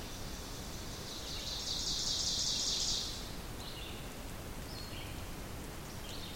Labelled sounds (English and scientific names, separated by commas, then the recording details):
Ovenbird (Seiurus aurocapilla) song
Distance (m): 45 m
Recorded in boreal forest in Alberta, Canada, on 2 June 2016 at 08:18
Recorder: SongMeter 3, array SBT-3-7
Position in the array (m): 194 m, 1 m
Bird 6